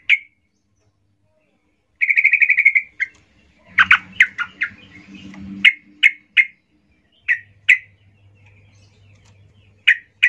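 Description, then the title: Yellow-vented Bulbul song: a rapid trill, then a dense burst of chattering notes, followed by spaced sharp chirps. Trucuk (Yellow-vented Bulbul) singing lively ('gacor ropel ngalas' style), used as a lure (pancingan) to make trucuk birds sing. "GACOR Ropel Ngalas Pancingan Trucukan Agar Bunyi Jadikan Burung Trucuk"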